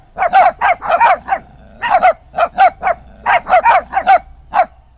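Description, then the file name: Dog barking, high yappy barks in quick bursts, repeated several times with short pauses between groups. Puppy barking. "cho con gau gau"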